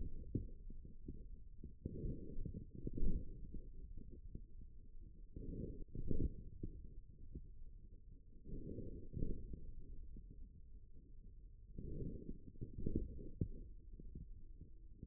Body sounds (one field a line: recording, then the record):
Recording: forearm muscle sounds (acoustic myography)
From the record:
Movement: forearm pronation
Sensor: system 1, eight BSWA MPA416 microphones around the upper forearm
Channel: 3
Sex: male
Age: 41 years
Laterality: right